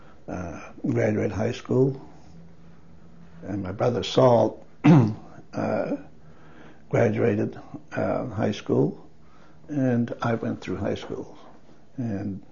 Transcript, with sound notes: uh, graduated high school, and my brother Saul (coughs) —graduated high school, and I went through high school. And,